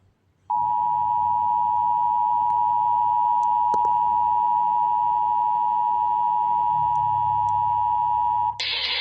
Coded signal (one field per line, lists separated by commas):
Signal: Emergency Alert System (SAME) tones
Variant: 853 and 960 Hz attention tone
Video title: EAS: Severe Thunderstorm